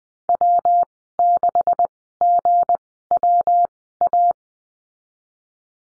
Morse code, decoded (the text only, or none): W6GWA